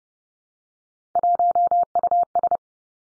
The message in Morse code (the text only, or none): 1US